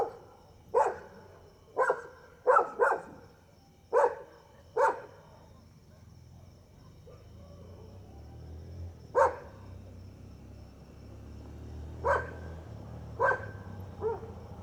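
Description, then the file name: Dog giving sharp single and double barks at uneven intervals, loud at first then spaced out and softer, with a constant cricket trill and low background hum. Several dogs barking at night, first far away and then near, with crickets calling. "Cachorros latindo longe e depois perto a noite com grilo e passa uma moto"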